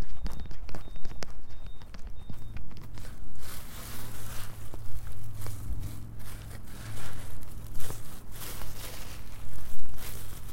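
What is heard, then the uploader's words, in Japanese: Cut dried carrots, nearly dry, are being tossed and mixed, making a dense, continuous crackling rustle with quick dry clatters throughout. Four short high beeps sound in the first two seconds, and a low steady hum runs underneath from about three seconds on. ほとんど乾燥できた切った干し人参を仕上げ混ぜしています。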